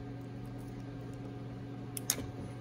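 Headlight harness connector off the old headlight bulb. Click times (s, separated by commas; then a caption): 2.0 s, 2.1 s. A plastic headlight harness connector is wiggled while its locking tab is pulled back, releasing it from the old headlight bulb on an LBZ Duramax. Over a steady low hum, two sharp clicks sound at 1.9 s and 2.1 s as the connector pops right off.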